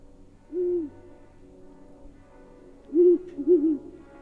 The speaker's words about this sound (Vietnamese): Con chim cú lợn đậu trên vai tôi bỗng nhiên kêu lên mấy tiếng, nghe đến thảm thiết.